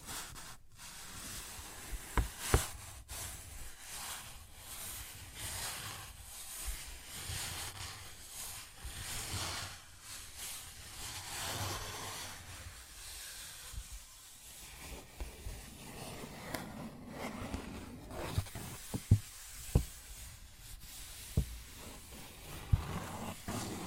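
Paper bag being tapped and scratched, a steady crinkly rustle broken by sharp taps near 2, 3, 17, 19 and 22 seconds.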